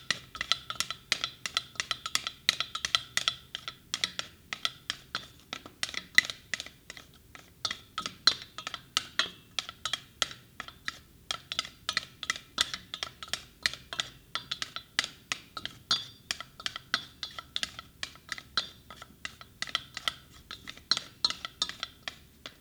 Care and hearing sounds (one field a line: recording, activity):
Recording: daily activity, guitar pickup as the sensor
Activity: fry